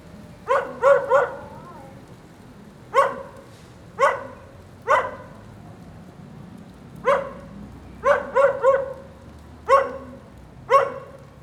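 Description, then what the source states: Dog barking steadily, singles and quick triplets of harsh harmonic barks every second or so. Lone dog in the rain during a thunderstorm at 9a. Avenida 414, Quezaltenango, Guatemala.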